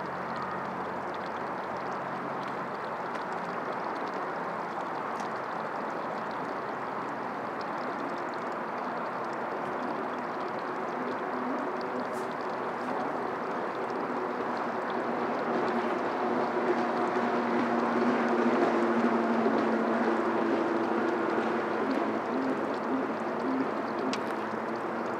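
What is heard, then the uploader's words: Outdoors along a riverside trail, a steady dense roar of city traffic fills the scene, low and mid-toned with a faint drone beneath. It swells slightly louder from about 15 to 21 seconds as a passing vehicle's hum rises, then eases back. Schuylkill River Trail, just south of Walnut Street. The river itself doesn’t make much sound.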